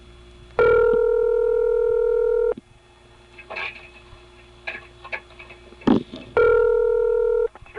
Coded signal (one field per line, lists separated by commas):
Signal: telephone call progress tone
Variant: North America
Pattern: ringback tone